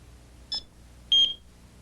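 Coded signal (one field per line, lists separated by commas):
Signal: beep code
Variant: AT&T security system controller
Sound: a faint short high blip, then one clear high-pitched electronic beep about 0.3 s long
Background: quiet room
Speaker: when you select a state the central controller will produce a single beep telling you that you've successfully armed the system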